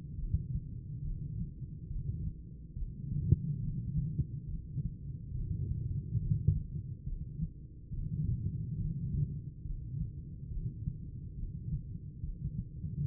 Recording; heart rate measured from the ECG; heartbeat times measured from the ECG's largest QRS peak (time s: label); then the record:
heart sounds by stethoscope; 70 bpm
0.14 s: heartbeat
1.00 s: heartbeat
1.86 s: heartbeat
2.72 s: heartbeat
3.59 s: heartbeat
4.44 s: heartbeat
5.30 s: heartbeat
6.17 s: heartbeat
7.03 s: heartbeat
7.89 s: heartbeat
8.75 s: heartbeat
9.61 s: heartbeat
10.47 s: heartbeat
11.33 s: heartbeat
12.19 s: heartbeat
13.05 s: heartbeat
From the record:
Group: heart failure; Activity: rest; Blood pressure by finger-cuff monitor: 141/68 mmHg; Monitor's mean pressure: 97 mmHg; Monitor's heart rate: 70 bpm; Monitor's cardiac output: 9.6 L/min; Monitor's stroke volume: 139 mL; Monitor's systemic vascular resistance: 720 dyn s/cm5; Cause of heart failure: idiopathic cardiomyopathy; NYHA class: 2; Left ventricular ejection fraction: 51%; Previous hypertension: present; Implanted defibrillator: present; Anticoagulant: apixaban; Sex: female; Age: 61 years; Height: 163 cm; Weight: 111 kg